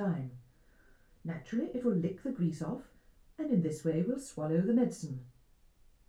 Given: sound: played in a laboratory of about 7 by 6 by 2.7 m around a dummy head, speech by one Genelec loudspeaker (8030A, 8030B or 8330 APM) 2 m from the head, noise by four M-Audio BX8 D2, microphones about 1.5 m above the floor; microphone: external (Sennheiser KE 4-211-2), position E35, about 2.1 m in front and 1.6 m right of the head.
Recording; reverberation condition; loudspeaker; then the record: female speech in English; low; 60 degrees to the right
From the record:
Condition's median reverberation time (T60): about 310 ms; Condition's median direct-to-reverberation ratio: about 3.5 dB